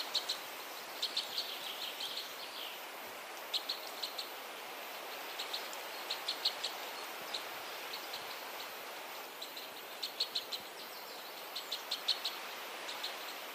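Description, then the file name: Two-barred crossbill contact calls, short high dry chips given in quick clusters of two to four every few seconds, over a steady hiss of background noise. "Witband Kruisbek contactroep"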